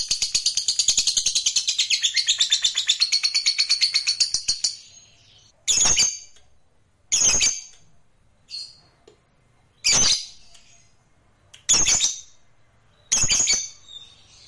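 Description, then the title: Lovebird delivering a rapid chattering burst for about four and a half seconds, followed by loud, harsh single shrieks spaced one to two seconds apart. "Suara Lovebird"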